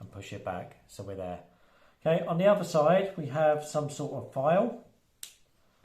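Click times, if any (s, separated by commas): 5.2 s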